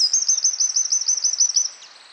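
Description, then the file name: Eurasian wren giving a fast, piercing trill of evenly repeated high notes, ending abruptly with a brief fading flourish. "Troglodytes troglodytes"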